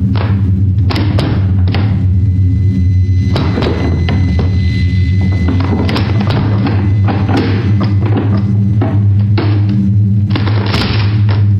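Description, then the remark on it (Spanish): The door of a smoke-filled house is forced open by police with loud bangs: several heavy, irregular thuds and crashes strike over a steady low rumbling hum, with no voices. “con un fuerte golpe se abre la puerta.”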